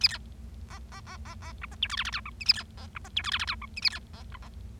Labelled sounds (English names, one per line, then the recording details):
Bengalese Finch song
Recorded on 25 March 2012 at 18:44
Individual gy6or6